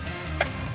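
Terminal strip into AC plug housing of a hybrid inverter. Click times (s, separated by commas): 0.4 s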